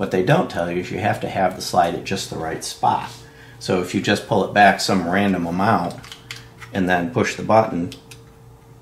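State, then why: Not seated. The slide of a polymer-framed Beretta APX pistol is pulled back a random amount and the takedown/sear-disengage button in the frame is pushed, while someone talks. Only light handling ticks are heard, and the button gives no click, so the sear has not been released.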